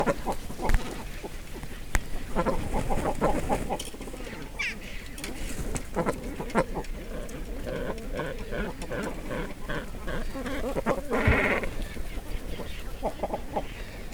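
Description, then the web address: Cormorants croaking and grunting in a dense, overlapping chorus of low guttural calls, with a louder harsh squawk near the end and constant colony rustling beneath. Several cormorants recorded inside a nest, loud; mono recording made with a DPA 4061 microphone. "GDC 2017-Game Audio Bundle Sound Holder - Cormorants animals cormorants inside nest loud"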